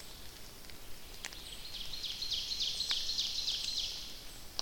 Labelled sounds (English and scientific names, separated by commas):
Ovenbird (Seiurus aurocapilla) song